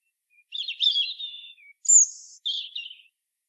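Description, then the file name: European robin song: a liquid warbled phrase, a pause, a bright piercing high whistle, then a lower twittering phrase. "Erithacus rubecula"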